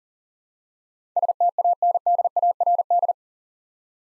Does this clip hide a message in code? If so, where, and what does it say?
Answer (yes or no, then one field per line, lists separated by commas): yes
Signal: Morse code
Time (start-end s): 1.2-3.1 s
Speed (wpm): 40 wpm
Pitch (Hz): 700 Hz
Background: none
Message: STANDARD